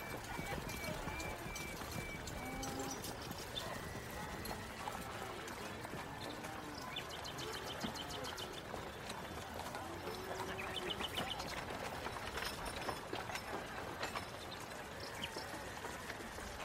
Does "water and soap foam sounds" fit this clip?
no